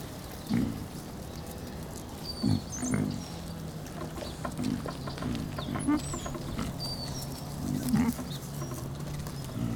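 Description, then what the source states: Pig grunts, brief low huffs repeated every second or two, under a steady hum and sparse high chirping of birds. Piglets hanging out together.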